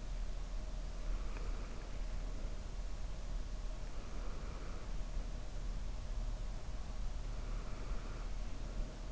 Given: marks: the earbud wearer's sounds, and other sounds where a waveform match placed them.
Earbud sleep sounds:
sounds in sleep by an in-ear microphone; breath
1.18-2.71 s: breath
3.98-5.71 s: breath
7.20-9.11 s: breath

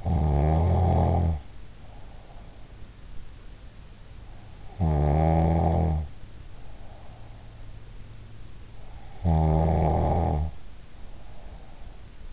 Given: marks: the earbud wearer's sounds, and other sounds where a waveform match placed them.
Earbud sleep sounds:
sounds in sleep by an in-ear microphone; snoring breath
0.00-2.88 s: snoring breath
4.49-7.61 s: snoring breath
9.05-12.33 s: snoring breath

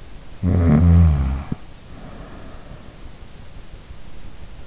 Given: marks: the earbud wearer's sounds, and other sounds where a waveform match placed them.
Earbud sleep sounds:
sounds in sleep by an in-ear microphone; snoring breath
0.27-3.09 s: snoring breath

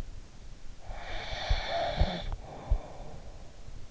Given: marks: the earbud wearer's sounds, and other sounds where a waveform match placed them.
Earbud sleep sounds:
sounds in sleep by an in-ear microphone; snoring breath
0.64-3.56 s: snoring breath

